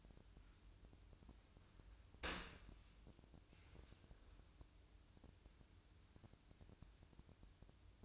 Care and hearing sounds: daily activity, microphone in the room; open dishwasher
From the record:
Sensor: 2

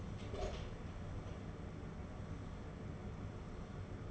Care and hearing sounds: daily activity, microphone in the room; open door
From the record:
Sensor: 4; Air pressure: 1016.0 hPa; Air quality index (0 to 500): 204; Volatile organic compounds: 11 ppm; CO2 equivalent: 2324 ppm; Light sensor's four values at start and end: 9/20/8/7 and 9/20/8/7

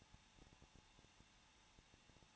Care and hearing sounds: daily activity, microphone in the room; no activity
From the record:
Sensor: 1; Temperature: 20.0 degrees Celsius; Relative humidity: 39.4%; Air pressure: 1006.4 hPa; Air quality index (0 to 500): 219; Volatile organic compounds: 83 ppm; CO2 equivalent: 3629 ppm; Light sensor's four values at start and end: 1/2/1/1 and 1/2/1/1

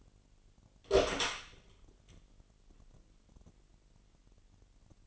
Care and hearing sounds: daily activity, microphone in the room; open door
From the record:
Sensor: 4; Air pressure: 999.2 hPa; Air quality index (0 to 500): 118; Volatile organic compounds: 2 ppm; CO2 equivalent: 1166 ppm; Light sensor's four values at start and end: 12/29/11/12 and 12/31/12/14

